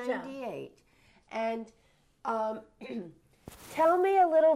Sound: clears throat

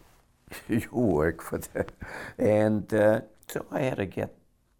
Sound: laughs

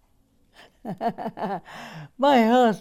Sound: she laughs

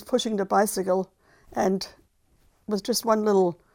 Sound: none

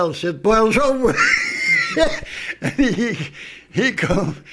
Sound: he laughs

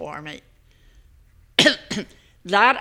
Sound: she coughs

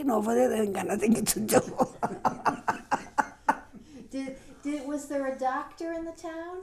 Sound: she laughs

